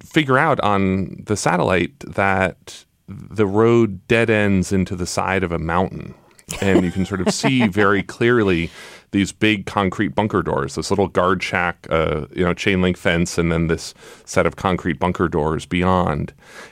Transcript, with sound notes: figure out on the satellite that the road dead ends into the side of a mountain. (Laughter) And you can sort of see very clearly these big, concrete bunker doors, this little guard shack, you know, chain-link fence and then this set of concrete bunker doors beyond.